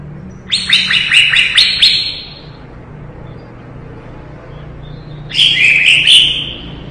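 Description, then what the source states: Leafbird song: a fast chattering trill, a quiet gap, then a brighter warbled trill, with a low hum underneath. Lively singing described as gacor, recorded in 2017.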